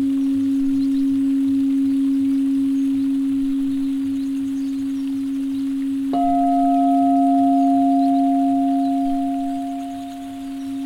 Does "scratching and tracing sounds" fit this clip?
no